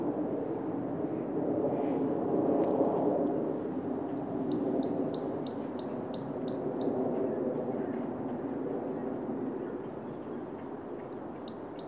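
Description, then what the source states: Bird giving a run of high, thin paired whistles, about three per second, then a shorter run near the end, over loud rushing low background noise. Recorded in Oostduinen.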